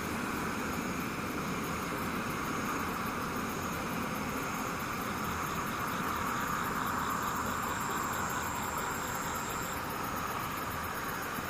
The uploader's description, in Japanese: 雨ムシセミ無音